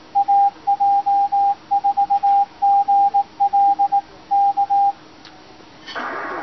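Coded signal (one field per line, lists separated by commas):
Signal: Morse code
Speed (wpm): 18 wpm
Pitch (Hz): 800 Hz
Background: radio noise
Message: AJ4GL K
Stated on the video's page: Morse keyed automatically by an Arduino Nano driving a straight-key-style keyer that sends stored messages.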